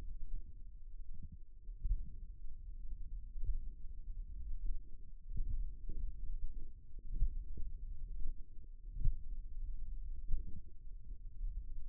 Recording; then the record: forearm muscle sounds (acoustic myography)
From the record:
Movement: tripod grip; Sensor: system 1, eight BSWA MPA416 microphones around the upper forearm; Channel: 8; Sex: male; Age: 54 years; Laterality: right